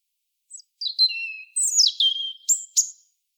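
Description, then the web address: European robin song: high sliding whistles, a long steady lower whistle, then twittering notes ending with two sharp, high ticks. "SETE Erithacus rubecula"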